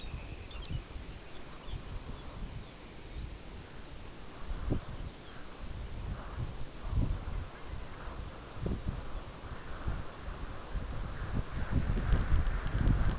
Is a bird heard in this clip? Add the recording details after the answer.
yes. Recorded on Arctic tundra, site UTQI-5, on 14 June 2019. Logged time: 04:00